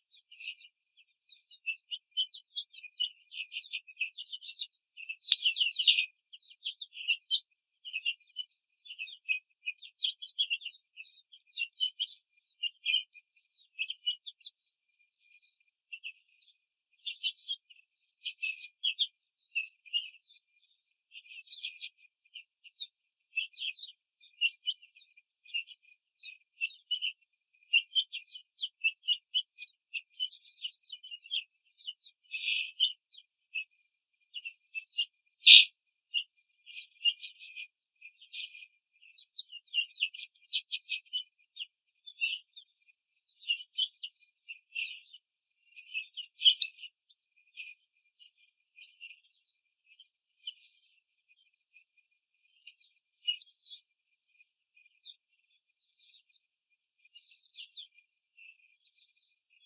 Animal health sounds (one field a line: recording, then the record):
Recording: young laying hens in a cage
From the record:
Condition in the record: control cage, before the stress test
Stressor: none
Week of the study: 4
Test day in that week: 1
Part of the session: 4